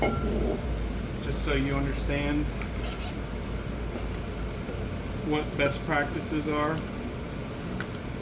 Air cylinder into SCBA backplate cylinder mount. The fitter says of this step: so as you see I'm going ahead and putting a bottle back on making sure it's clicked in place